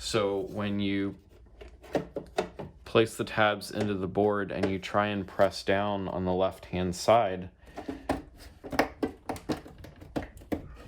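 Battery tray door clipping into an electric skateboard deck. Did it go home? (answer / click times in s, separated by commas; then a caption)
no / none. Someone talks while placing the tabs of the oversized battery tray door of a Leiftech V2 electric skateboard into the deck and pressing down on its left-hand side, with brief knocks near 2.2 and 2.4 s and a run of sharp taps from 8.1 to 10.5 s. Because the tray is a little too big, the door has not clicked into place yet.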